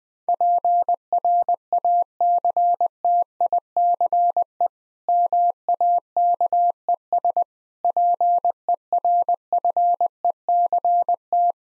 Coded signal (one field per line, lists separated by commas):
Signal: Morse code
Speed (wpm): 20 wpm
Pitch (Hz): 700 Hz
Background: none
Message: PRACTICE MAKES PERFECT